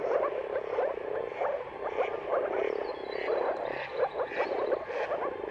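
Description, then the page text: Moor frogs in a dense mating chorus, many overlapping soft low bubbling croaks in rapid pulsed bursts, a steady continuous din with faint higher calls above. Mating calls of many moor frogs at sunrise, turn of March and April, depending on weather, described as a spectacle. "Dawn’s Chorus: Mating Calls of Marsh Frogs at Sunrise. Jakub-Orzecki moor frogs. Depending on the weather at the turn of March and April, you can witness an amazing spectacle of moor frogs"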